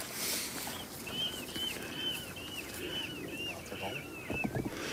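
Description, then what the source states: Water rail giving a run of squealing, arched notes in quick succession, with rustling and low background rumble. Water rail screaming call at the Grevelingen in winter, when the species is plentiful there; a bird never seen but always heard.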